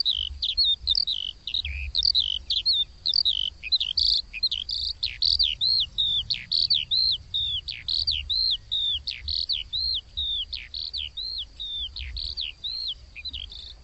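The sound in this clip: Bird song, a fast unbroken stream of varied high chirps and short downslurred notes, with a steady high insect-like hum running beneath throughout.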